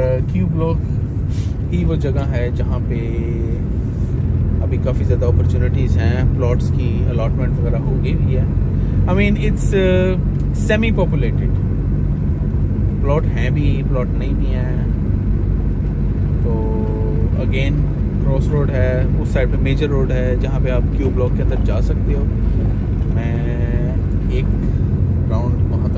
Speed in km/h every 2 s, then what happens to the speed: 16, 18, 20, 20, 21, 21, 22, 21, 21, 22, 22, 22, 22.
0-26 steady at about 21.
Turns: none.